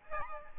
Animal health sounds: mosquito wingbeat signal from an infrared sensor; Aedes albopictus

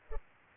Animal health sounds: mosquito wingbeat signal from an infrared sensor; Culex pipiens

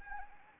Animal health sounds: mosquito wingbeat signal from an infrared sensor; Anopheles arabiensis

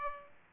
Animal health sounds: mosquito wingbeat signal from an infrared sensor; Aedes aegypti

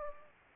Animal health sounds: mosquito wingbeat signal from an infrared sensor; Anopheles gambiae

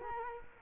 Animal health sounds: mosquito wingbeat signal from an infrared sensor; Culex quinquefasciatus

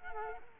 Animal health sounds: mosquito wingbeat signal from an infrared sensor; Culex quinquefasciatus

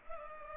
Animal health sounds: mosquito wingbeat signal from an infrared sensor; Culex pipiens

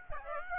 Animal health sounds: mosquito wingbeat signal from an infrared sensor; Aedes aegypti

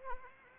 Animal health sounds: mosquito wingbeat signal from an infrared sensor; Anopheles arabiensis

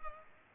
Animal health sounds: mosquito wingbeat signal from an infrared sensor; Culex pipiens

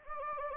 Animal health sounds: mosquito wingbeat signal from an infrared sensor; Anopheles gambiae

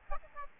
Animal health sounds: mosquito wingbeat signal from an infrared sensor; Aedes albopictus

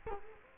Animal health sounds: mosquito wingbeat signal from an infrared sensor; Culex quinquefasciatus

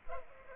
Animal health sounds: mosquito wingbeat signal from an infrared sensor; Culex pipiens

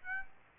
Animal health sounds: mosquito wingbeat signal from an infrared sensor; Aedes aegypti

